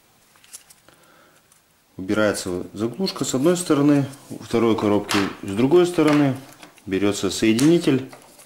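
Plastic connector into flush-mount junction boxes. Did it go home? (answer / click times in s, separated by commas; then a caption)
no / none. A plastic connector with latches is handled while being readied to join two flush-mount junction boxes into one multi-gang block; a few faint, quiet taps and handling sounds occur in the first two seconds. Someone then talks for the rest of the clip. Nothing has seated or clicked yet.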